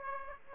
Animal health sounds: mosquito wingbeat signal from an infrared sensor; Aedes aegypti

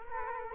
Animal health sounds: mosquito wingbeat signal from an infrared sensor; Culex quinquefasciatus

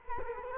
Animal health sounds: mosquito wingbeat signal from an infrared sensor; Culex quinquefasciatus

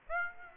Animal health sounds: mosquito wingbeat signal from an infrared sensor; Aedes aegypti

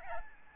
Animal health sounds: mosquito wingbeat signal from an infrared sensor; Aedes albopictus

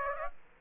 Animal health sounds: mosquito wingbeat signal from an infrared sensor; Aedes aegypti

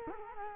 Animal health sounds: mosquito wingbeat signal from an infrared sensor; Culex quinquefasciatus

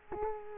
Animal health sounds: mosquito wingbeat signal from an infrared sensor; Culex quinquefasciatus

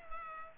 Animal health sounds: mosquito wingbeat signal from an infrared sensor; Culex pipiens

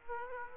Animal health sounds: mosquito wingbeat signal from an infrared sensor; Aedes aegypti

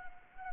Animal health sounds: mosquito wingbeat signal from an infrared sensor; Anopheles arabiensis

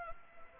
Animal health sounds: mosquito wingbeat signal from an infrared sensor; Anopheles arabiensis

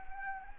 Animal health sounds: mosquito wingbeat signal from an infrared sensor; Anopheles gambiae

